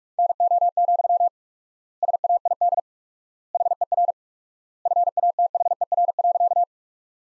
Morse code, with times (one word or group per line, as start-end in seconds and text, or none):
0.2-1.3 NO,
2.0-2.8 SAID
3.5-4.1 HER
4.9-6.6 FATHER.